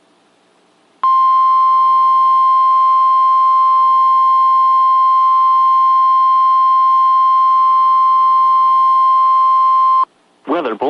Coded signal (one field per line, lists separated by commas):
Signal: Emergency Alert System (SAME) tones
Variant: 1050 Hz attention tone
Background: speech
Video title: EAS #1052-1060 (8/13/21)